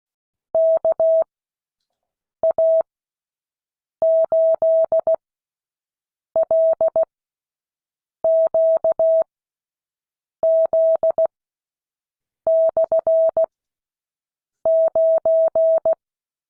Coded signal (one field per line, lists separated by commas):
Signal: Morse code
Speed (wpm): 16 wpm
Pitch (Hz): 650 Hz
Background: none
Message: KA8LQZ/9